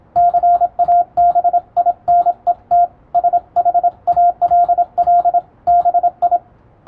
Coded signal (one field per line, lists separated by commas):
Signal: Morse code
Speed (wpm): 27 wpm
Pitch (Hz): 700 Hz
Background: radio noise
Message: CABINET SHALL BI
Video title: タイプ受信する無線通信士！モールス信号のンとツーを読み解くとあら不思議文章になります、情報処理の基礎！(morsecode practice for radiotelegraph operator)